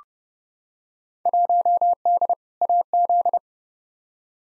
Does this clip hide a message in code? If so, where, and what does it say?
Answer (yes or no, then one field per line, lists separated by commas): yes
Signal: Morse code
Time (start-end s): 1.3-3.4 s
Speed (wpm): 32 wpm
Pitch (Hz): 700 Hz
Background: none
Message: 1D AZ